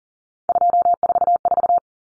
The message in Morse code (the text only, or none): 244